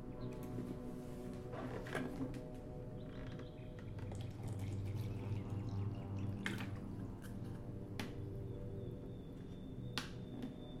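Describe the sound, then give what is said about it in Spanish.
A little water pours steadily for several seconds, a continuous splashing wash broken by a few sharp, bright drip-like clicks, with no talking. “Y mientras voy a poner un poquito, perdonad el meneo, voy a poner un poquito de agua y vamos a hacer una pequeña pausita.”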